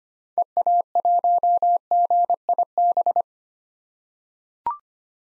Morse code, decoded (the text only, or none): EA1GIB